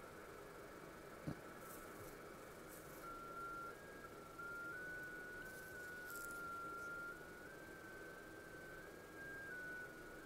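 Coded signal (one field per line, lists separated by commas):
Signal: multi-tone FSK (Olivia or MFSK type)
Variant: FSQ6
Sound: a single thin whistle near 1.4 kHz, hopping slowly between close pitches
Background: radio static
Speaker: How about a picture? Jim, got anything you can send?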